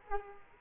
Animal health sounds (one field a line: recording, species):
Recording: mosquito wingbeat signal from an infrared sensor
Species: Culex quinquefasciatus